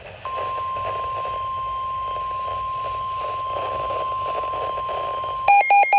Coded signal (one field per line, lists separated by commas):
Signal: Emergency Alert System (SAME) tones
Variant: 1050 Hz attention tone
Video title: MAYIO - EAS Alerts from 5/10/26 (EAS #802 - #807)